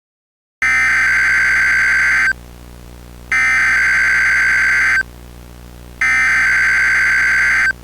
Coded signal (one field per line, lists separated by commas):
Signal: Emergency Alert System (SAME) tones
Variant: header bursts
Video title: EAS Scenario: Bad apple slices